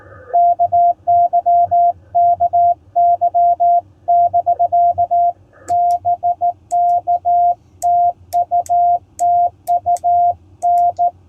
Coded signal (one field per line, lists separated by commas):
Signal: Morse code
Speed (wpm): 16 wpm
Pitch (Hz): 700 Hz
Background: none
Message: KY KY <BK> BK TU TU N